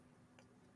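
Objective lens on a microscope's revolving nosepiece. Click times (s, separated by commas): 0.4 s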